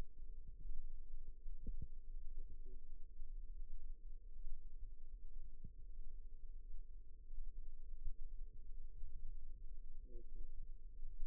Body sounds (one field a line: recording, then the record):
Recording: forearm muscle sounds (acoustic myography)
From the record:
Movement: rest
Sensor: system 2, bracelet of six BSWA MPA416 microphones around the upper forearm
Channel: 4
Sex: female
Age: 21 years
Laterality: right